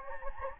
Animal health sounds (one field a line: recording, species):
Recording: mosquito wingbeat signal from an infrared sensor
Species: Anopheles gambiae